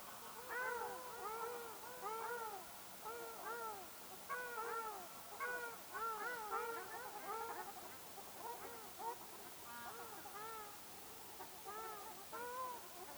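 Ruddy shelduck flock calling, a continuous chorus of nasal, goose-like honks repeated rapidly and overlapping throughout.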